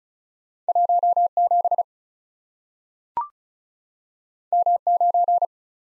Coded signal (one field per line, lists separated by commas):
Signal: Morse code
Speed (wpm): 36 wpm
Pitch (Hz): 700 Hz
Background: none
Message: 1 7 M 9